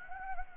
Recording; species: mosquito wingbeat signal from an infrared sensor; Anopheles gambiae